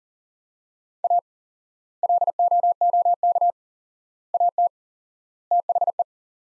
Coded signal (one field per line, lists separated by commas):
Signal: Morse code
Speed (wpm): 40 wpm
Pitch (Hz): 700 Hz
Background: none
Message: A LOOK AT THE